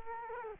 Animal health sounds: mosquito wingbeat signal from an infrared sensor; Culex quinquefasciatus

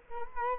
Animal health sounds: mosquito wingbeat signal from an infrared sensor; Culex quinquefasciatus

